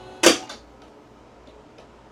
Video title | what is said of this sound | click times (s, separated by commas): HappiJac AUTOMATIC BUNK LOCK - Pinless | I heard a click oh | 0.5 s